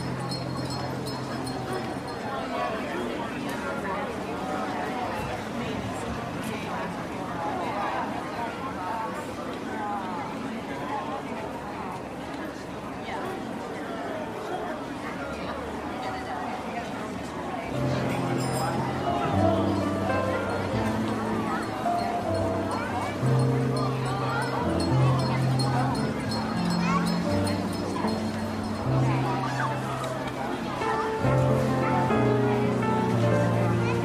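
Market crowd chatter fills the first half, a steady murmur of overlapping voices. Around 18 seconds a jazz piano comes in over the babble, with bass notes and chords moving at a relaxed pace until the end, slightly louder than before.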